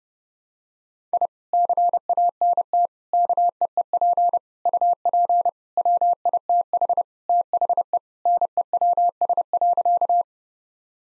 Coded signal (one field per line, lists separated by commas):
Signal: Morse code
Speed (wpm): 30 wpm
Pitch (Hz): 700 Hz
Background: none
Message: I CANT KEEP UP WITH THE NEWS.